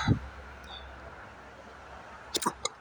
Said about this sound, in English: Dang, I wish I hadn't given myself the hiccups. Now I'm screwed.